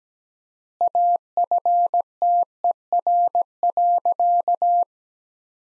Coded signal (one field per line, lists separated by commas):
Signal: Morse code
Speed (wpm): 17 wpm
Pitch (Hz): 700 Hz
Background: none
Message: AFTER.